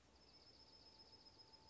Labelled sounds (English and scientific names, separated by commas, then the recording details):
Dark-eyed Junco (Junco hyemalis)
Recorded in Sonoma County, California